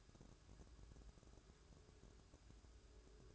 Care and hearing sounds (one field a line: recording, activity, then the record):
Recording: daily activity, microphone in the room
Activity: place on stove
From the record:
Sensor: 2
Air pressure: 1007.8 hPa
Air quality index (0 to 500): 102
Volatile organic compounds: 1 ppm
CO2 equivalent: 768 ppm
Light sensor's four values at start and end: 7/16/6/6 and 7/16/6/6